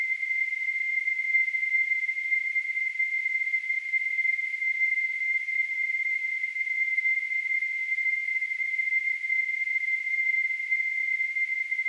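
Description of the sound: A steady, unchanging high-pitched tone near 2 kHz, with a soft hiss just above it, holds for about 12 seconds with no pauses or speech. It is a simulation of tinnitus, the constant ringing or hissing some people hear in their ears.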